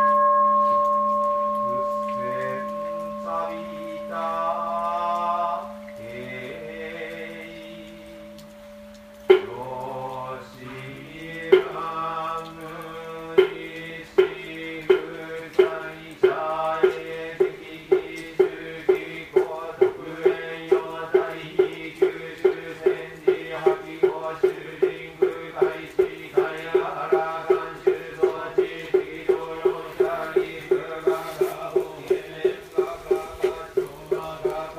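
Buddhist chanting at a temple hall in the afternoon, voices holding low steady tones while a sustained bell hum rings under the first ten seconds. A sharp strike near nine seconds, then from about eleven seconds a wooden beat taps steadily and quickly beneath the chant.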